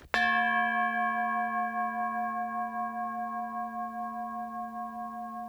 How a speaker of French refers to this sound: La cloche, par exemple. C'est tout à fait exact. Voici une cloche reconnaissable non seulement à son timbre, mais à son attaque.